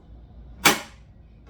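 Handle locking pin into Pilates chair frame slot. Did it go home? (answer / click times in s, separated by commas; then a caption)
yes / 1.5 s. A removable handle is slid onto a Pilates chair frame, the spring knob is pulled out, and the handle is moved until the knob's locking pin drops into the chosen hole, clicking into the slot at 1.5 s. A sharp, bright broadband burst is heard near 0.65 s and fades by about 1.0 s, followed by the faint, short click at the very end. The click means the handle is seated in its slot, but the knob still has to be turned to tighten it.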